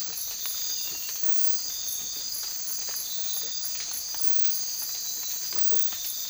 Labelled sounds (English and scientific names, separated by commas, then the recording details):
none
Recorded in dense forest near Puerto Asís, Putumayo, Colombia, on 19 March 2025 at 01:00
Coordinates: 0.503, -76.323
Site GP09